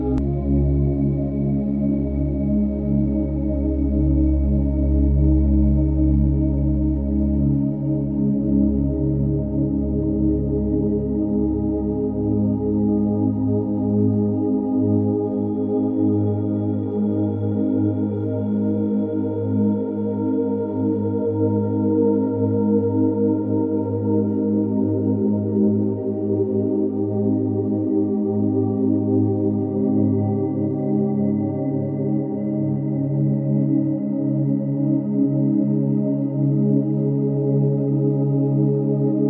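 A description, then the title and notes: A soothing 417 Hz meditation sound, a sustained drone of layered low, steady tones that hum and shimmer like a singing bowl. A deep rumble in the bass eases off after about eight seconds, and faint higher tones drift in and out while the loudness stays even throughout. The soothing 417 Hz meditation sound.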